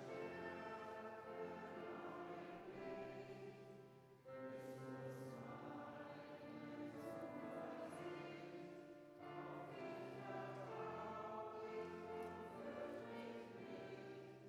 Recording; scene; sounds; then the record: everyday scene through a hearing-aid microphone; reverberant space; music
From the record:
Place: church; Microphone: behind the ear, right, rear